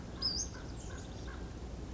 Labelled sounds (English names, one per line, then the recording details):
Western Flycatcher
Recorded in Sonoma County, California